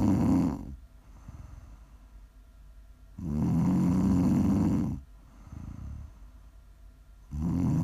Prime ASMR snoring.